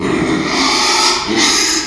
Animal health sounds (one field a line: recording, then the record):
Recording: squeal of a Yucatan mini pig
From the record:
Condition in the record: after surgery on the right vocal fold (resection and tissue-engineered implant)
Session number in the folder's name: 2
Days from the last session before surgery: 13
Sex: male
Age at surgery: 12 weeks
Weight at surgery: 13 kg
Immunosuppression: cyclosporine, prednisolone